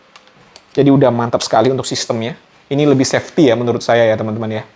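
A metal blade is pushed back into the blade clamp of a Bosch GSA185Li cordless brushless sabre saw, and the clamp locks automatically. Faint ticks at 0.2 s and 0.3 s lead to a short, sharp click at 0.6 s, after which someone talks. The blade is seated in the clamp.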